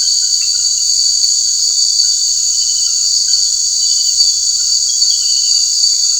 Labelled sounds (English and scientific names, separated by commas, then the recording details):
none
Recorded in dense forest near Puerto Asís, Putumayo, Colombia, on 21 March 2025 at 18:30
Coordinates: 0.485, -76.318
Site G056